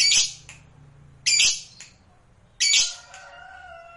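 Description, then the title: Lovebird calls, three harsh high screeches spaced just over a second apart, followed by a fainter steady tone. Lovebird reluctant to sing, prompted to sing spontaneously and eagerly. "LOVEBIRD Malas Bunyi JADI GREGET SPONTAN Langsung NARIK"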